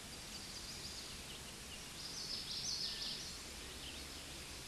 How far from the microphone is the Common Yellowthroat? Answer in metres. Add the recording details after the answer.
about 30 m. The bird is about 5 m below the microphone. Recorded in a Pennsylvania forest on 16 May 2024 at 09:25. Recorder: AudioMoth, point MSD-0690. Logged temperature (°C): 16.0 °C. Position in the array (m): 180 m, 83 m